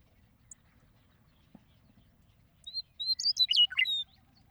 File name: Western Meadowlark